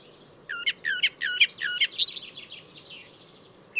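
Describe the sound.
Bird song: a rapid series of repeated sharp chirped notes followed by a buzzy trill, over a low steady background hiss.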